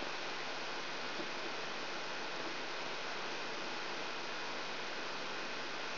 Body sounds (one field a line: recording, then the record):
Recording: brain microelectrode recording played as sound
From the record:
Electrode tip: outside the subthalamic nucleus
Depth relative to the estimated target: -8 mm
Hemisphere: right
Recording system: AlphaMap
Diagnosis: Parkinson's disease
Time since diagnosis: 13 years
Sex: male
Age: 62 years